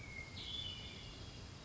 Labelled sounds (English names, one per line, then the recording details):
Hermit Thrush
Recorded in Sonoma County, California